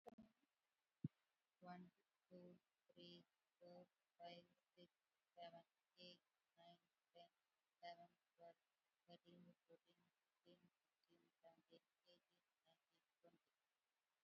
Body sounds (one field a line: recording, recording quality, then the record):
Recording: counting at a normal pace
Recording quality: excellent, no background noise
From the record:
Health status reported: COVID-19 positive, mild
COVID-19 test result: positive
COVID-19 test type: RT-PCR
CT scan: not taken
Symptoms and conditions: cold, fever, muscle pain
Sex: female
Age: 34 years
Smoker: no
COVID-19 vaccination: none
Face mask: worn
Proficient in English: no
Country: India